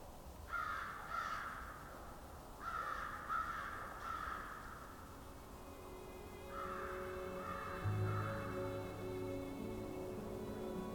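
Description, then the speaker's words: Crows giving harsh, muffled caws in short clusters, joined later by a steady low hum and faint tonal noise in the background. Flock of crows, vocalizing loudly but far away and sounding muffled; southern Ontario, January 1st, 2021. "You can hear kind of a muffled flock of crows."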